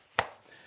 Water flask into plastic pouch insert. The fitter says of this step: So to reinsert it, you're going to keep pushing and you hear a little click, and